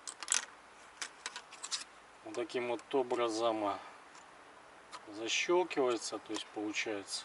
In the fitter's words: itself snaps into place in this way,